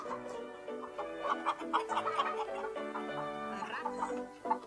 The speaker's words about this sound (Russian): По избе ходят куры.